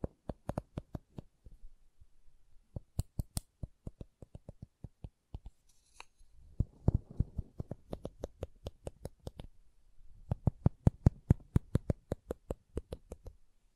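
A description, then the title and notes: Sharp wooden taps and clicks come in quick runs, each a crisp snap, with short pauses between clusters. Around six to eight seconds and again from ten to thirteen, softer rustling and scraping fill the gaps beneath the taps. ASMR Calming Wood Triggers for Sleep (No Talking).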